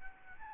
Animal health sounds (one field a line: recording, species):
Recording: mosquito wingbeat signal from an infrared sensor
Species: Aedes albopictus